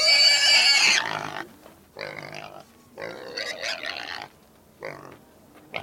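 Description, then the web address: Domestic pig giving a loud shrill scream at first, then shorter rasping squeals separated by quiet pauses. Several pigs screaming. "the sound pack tree. screaming pigs"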